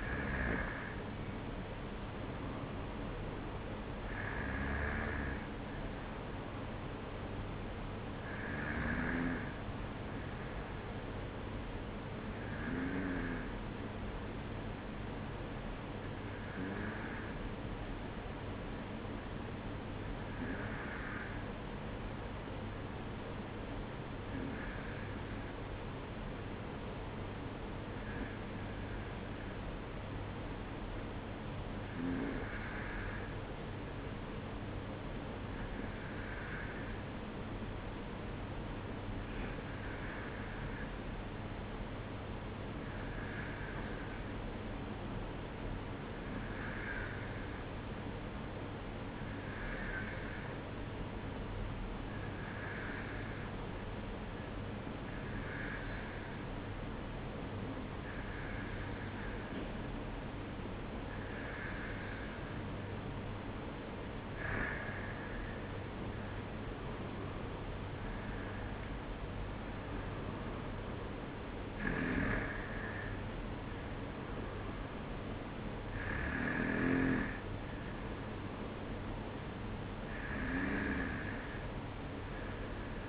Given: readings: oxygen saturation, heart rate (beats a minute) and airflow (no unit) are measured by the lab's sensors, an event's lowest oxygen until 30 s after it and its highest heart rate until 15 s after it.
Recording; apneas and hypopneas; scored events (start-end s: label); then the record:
breathing in sleep by a voice recorder at the bedside; 1
18.00-62.30 s: hypopnea (N2, oxygen 95% highest, then 91% lowest, heart rate 52 at the start, 59 highest)
57.00-83.09 s: new sleep stage, N1 (lightest sleep)
From the record:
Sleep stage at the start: N2 (light sleep); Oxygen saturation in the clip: 91 to 95%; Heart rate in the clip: 51 to 59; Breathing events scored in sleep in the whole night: 305 in 9.6 hours asleep